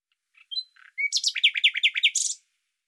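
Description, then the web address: Bird song phrase: a few soft chips and a brief whistle, then a quick series of bright downslurred notes ending in a harsh buzzy note. "Deverinetal 2025"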